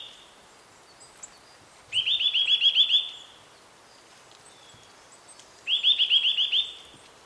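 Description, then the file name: Eurasian nuthatch, two fast trills of repeated whistled notes, each about a second long, separated by a pause of nearly three seconds. "Sitta europaea"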